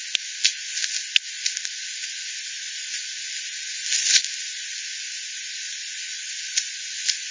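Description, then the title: Bat echolocation calls, heard as sharp dry clicks scattered irregularly, a cluster near the start and a stronger burst around four seconds, over a steady hiss. Multiple bats at the Hogsmill River, Hogsmill Lane, 7 October 2020 at 18:10; frequency-divided by ten, bandpass filtered and resampled. "bat 20201007 T 18 : 10 Z-Hogsmill-Lane-Hogsmill-River-multiple-bats"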